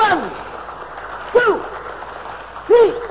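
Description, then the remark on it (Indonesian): An audience applauds for Ateng, who is about to sing a song, in a steady, dense wash of clapping, broken by three loud, pitched whoops or cheers that rise and fall above the noise. “Tepuk tangan hadirin sekalian untuk Ateng.”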